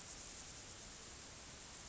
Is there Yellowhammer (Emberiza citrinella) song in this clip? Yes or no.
no